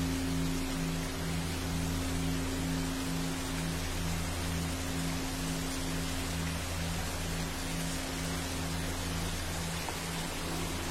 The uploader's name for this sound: Rain in the dense forest